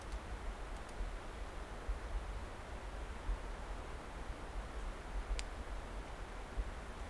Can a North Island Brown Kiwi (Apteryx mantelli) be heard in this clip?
no